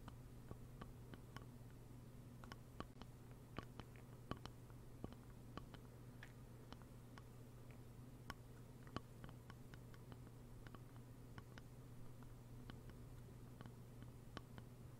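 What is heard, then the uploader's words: Slow, irregular tapping like scattered raindrops, sharp light clicks every fraction of a second over a steady low hum throughout. ASMR NO TALKING slow rain-like Tapping.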